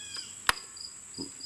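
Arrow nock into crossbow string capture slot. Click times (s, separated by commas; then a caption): 0.5 s. An arrow loaded odd fletch down on a Ravin R26 crossbow has its nock pushed into the slot of the string capture device until it seats with one sharp, loud click at 0.5 s. Steady high-pitched, cricket-like chirping runs underneath throughout, and the arrow is seated.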